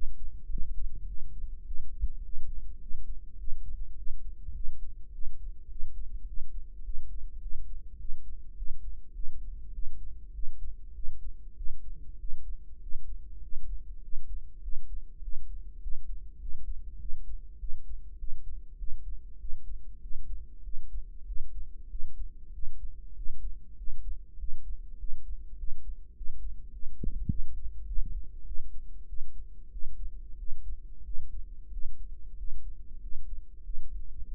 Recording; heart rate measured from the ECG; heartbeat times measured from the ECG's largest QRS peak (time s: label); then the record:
heart sounds by microphone in the right ear; 100 bpm
0.50 s: heartbeat
1.08 s: heartbeat
1.66 s: heartbeat
2.24 s: heartbeat
2.82 s: heartbeat
3.39 s: heartbeat
3.97 s: heartbeat
4.55 s: heartbeat
5.13 s: heartbeat
5.71 s: heartbeat
6.28 s: heartbeat
6.85 s: heartbeat
7.42 s: heartbeat
8.00 s: heartbeat
8.57 s: heartbeat
9.15 s: heartbeat
9.74 s: heartbeat
10.34 s: heartbeat
10.95 s: heartbeat
11.57 s: heartbeat
12.20 s: heartbeat
12.82 s: heartbeat
13.43 s: heartbeat
14.03 s: heartbeat
14.63 s: heartbeat
15.23 s: heartbeat
15.82 s: heartbeat
16.41 s: heartbeat
17.00 s: heartbeat
17.60 s: heartbeat
18.19 s: heartbeat
18.79 s: heartbeat
19.40 s: heartbeat
20.02 s: heartbeat
20.64 s: heartbeat
21.27 s: heartbeat
21.90 s: heartbeat
22.54 s: heartbeat
23.16 s: heartbeat
23.78 s: heartbeat
24.39 s: heartbeat
24.99 s: heartbeat
25.58 s: heartbeat
26.16 s: heartbeat
26.73 s: heartbeat
27.29 s: heartbeat
27.87 s: heartbeat
28.46 s: heartbeat
29.08 s: heartbeat
29.72 s: heartbeat
30.38 s: heartbeat
31.05 s: heartbeat
31.72 s: heartbeat
32.38 s: heartbeat
33.02 s: heartbeat
33.65 s: heartbeat
34.27 s: heartbeat
From the record:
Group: healthy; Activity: cold pressor test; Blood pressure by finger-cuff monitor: 149/96 mmHg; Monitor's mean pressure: 117 mmHg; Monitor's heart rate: 100 bpm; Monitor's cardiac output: 7.6 L/min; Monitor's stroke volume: 75 mL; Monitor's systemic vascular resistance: 1140 dyn s/cm5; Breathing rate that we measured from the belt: 18 breaths a minute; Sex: male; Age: 21 years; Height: 175 cm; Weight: 72.6 kg